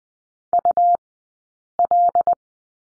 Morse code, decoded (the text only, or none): UL